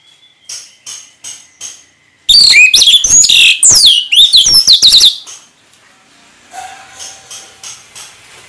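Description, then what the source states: Orange-headed thrush song: a dense three-second burst of rich, varied whistled phrases and sweeps, framed by softer repeated chips before and after. Ngeplong song style, singing vigorously (gacor).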